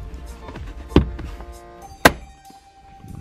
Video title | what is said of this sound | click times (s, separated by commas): Installing LED Lights into my WRX! | a satisfying click haha but that's so annoying but | 2.1 s